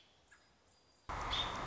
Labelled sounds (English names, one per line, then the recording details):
American Robin
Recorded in Sonoma County, California